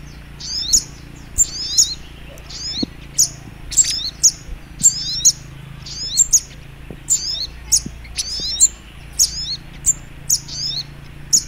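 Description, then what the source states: Little Spiderhunter song of thin, high chirping notes repeated in steady bursts, with a low hum running underneath the whole time. Masteran (training) recording; song style called labaik.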